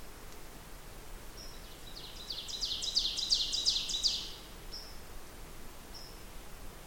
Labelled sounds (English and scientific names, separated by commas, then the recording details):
Ovenbird (Seiurus aurocapilla) song
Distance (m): 45 m
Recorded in boreal forest in Alberta, Canada, on 16 June 2016 at 08:17
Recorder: SongMeter 3, array SBT-3-32
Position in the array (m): 139 m, 103 m
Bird 37